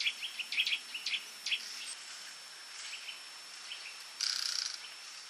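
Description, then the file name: Eurasian nuthatch giving several sharp, clipped notes at the start, then fainter calls and a brief burst of hissing noise. "Sitta europaea"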